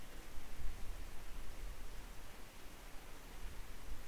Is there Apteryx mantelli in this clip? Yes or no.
no